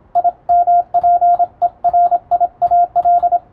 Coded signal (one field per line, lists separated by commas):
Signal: Morse code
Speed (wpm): 27 wpm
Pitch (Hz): 700 Hz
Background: radio noise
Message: IMPERIAL